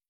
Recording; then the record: hydrophone in a shrimp aquaculture tank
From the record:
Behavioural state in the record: starved